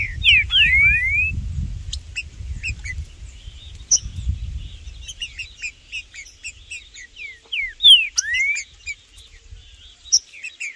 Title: TRINCA Piando, Cantando E Macheando Na DISPUTA. Trinca Ferro no MATO Cantando e Macheando muito com Solto! Blindado e Tufão no mato